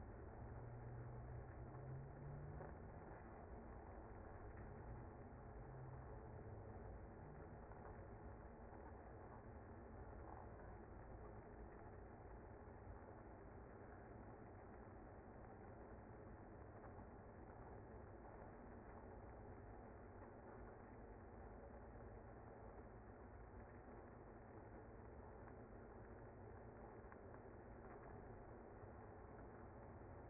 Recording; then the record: honeybee colony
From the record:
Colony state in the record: active